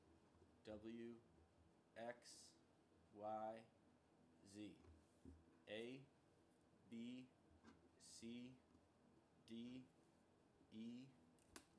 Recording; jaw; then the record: letters of the alphabet, spoken; free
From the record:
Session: seven days later